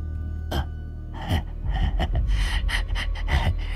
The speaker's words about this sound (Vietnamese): Cho đến khi đám khói đen từ từ tan đi, hiện ra 5-6 quỷ sai, đầu trâu đầu dê đầu gà đầu chó, thở phì phì ra khói.